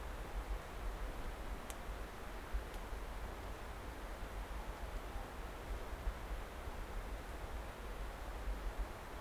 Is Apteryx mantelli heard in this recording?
no